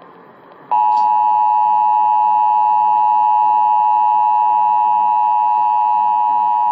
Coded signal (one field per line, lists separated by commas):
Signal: Emergency Alert System (SAME) tones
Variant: 853 and 960 Hz attention tone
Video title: ONE NIGHT...THREE DAVIDSONS... EAS Alerts from 7/5/20 (EAS #4,614 - 4,636)